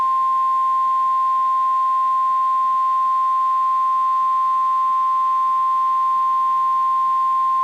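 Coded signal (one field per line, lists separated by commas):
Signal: Emergency Alert System (SAME) tones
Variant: 1050 Hz attention tone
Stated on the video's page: Recorded off a NOAA Weather Radio station during a severe weather event.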